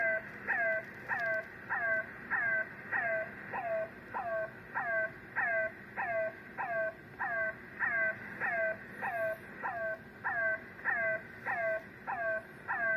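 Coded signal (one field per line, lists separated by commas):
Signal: unidentified radio signal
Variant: The Air Horn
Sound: rapidly repeating horn-like harmonic tone, about 22 short hoots with a drooping start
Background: radio static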